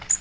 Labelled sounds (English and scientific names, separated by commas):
Magnolia Warbler (Setophaga magnolia) flight call